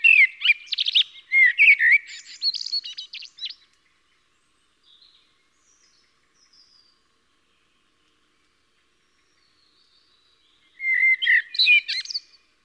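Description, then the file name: Eurasian blackbird singing two separate phrases, each a burst of fluty warbling mixed with sharp, chattering high notes, divided by a long quiet gap. "Koltrast"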